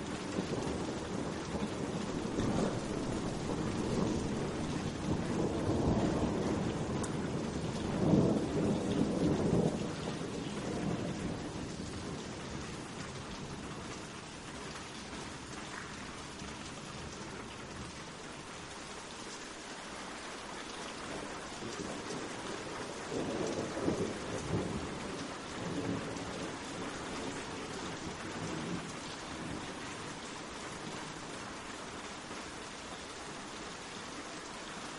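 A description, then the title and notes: Rain falls gently and steadily on leaves, a soft, even hiss through the whole recording. Distant thunder rumbles low, swelling from about two to ten seconds and again more faintly around twenty-three to twenty-seven seconds before settling back. Rain on Leaves and Soft Thunder. Relaxing sounds of rain gently falling on leaves, combined with the distant rumble of thunder.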